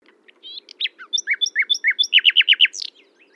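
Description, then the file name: Common nightingale song phrase: varied whistles and chirps building into a quick run of loud repeated downslurred notes, followed by a high sharp note. "Luscinia megarhynchos"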